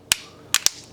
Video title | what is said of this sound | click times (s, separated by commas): HTC Desire 610 Battery Replacement How To Change | you can hear it snapping in good just make sure it's good all the way around we good to go | 0.1 s, 0.5 s, 0.7 s